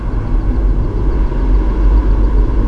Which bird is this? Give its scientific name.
Anas platyrhynchos